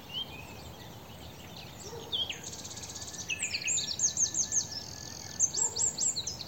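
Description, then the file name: Eurasian wren song, starting softly then building into rapid high trills and a series of bright repeated notes, with faint lower notes. "Troglodytes troglodytes"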